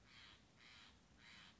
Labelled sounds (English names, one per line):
Steller's Jay